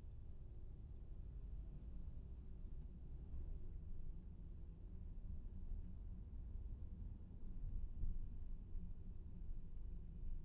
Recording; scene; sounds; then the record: everyday scene through a hearing-aid microphone; in a vehicle; engine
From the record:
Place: VW T5 Caravelle, diesel engine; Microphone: behind the ear, left, rear